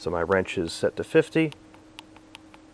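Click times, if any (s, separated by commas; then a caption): 2.0 s. Someone talks, then a click-type torque wrench set to 50 is used to tighten the axle pinch nut on a Harley-Davidson Pan America motorcycle, torque spec 44-62. After several faint ticks, the wrench gives its sharp click at 2.0 s, confirming the nut is torqued.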